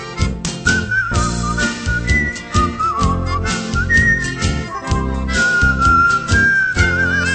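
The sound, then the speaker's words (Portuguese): A taxi driver whistles a bright, clear melody that glides up and down in short phrases over a full instrumental backing with a steady, bouncy bass rhythm. No one speaks. “Assobiando sempre esta melodia, o passageiro entra no meu bom humor.”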